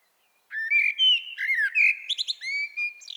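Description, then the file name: Common blackbird song, a loud, mellow run of fluted notes that slide up and down, mixed with quick, high chittering notes near the end. "Turdus merula"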